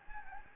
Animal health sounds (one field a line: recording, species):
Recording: mosquito wingbeat signal from an infrared sensor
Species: Anopheles gambiae